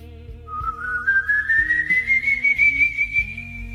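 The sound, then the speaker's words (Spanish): At night, a single eerie whistle holds one long, thin note that glides slowly upward in pitch, sounding over a low, pulsing rumble underneath. “Un silbido.”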